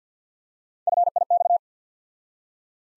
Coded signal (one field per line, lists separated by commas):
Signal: Morse code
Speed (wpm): 50 wpm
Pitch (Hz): 700 Hz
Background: none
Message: FIX